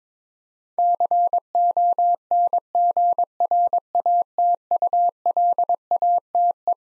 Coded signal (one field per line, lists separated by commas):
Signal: Morse code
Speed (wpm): 21 wpm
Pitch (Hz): 700 Hz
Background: none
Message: CONGRATULATE